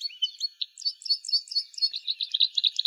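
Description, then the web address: Red crossbill calls in a quick stream of high, clipped chirping notes, several per second. Recorded in Slovenia. "Loxia curvirostra"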